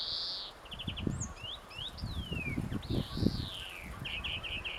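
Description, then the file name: European greenfinch calls: a sustained note, quick trills, sliding whistles and a long arched wheeze ending in a short rattle, with soft low background rumble. "Chloris chloris"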